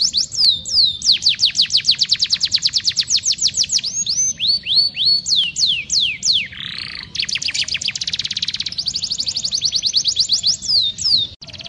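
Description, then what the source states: Canary singing continuously, rolling through fast trills of sharp downswept notes that speed up and slow down, broken once by a short rasping burst. Canary song described as gacor, singing vigorously and continuously, used for training (masteran).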